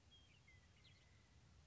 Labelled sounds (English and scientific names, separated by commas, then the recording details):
Western Meadowlark (Sturnella neglecta)
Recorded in Sonoma County, California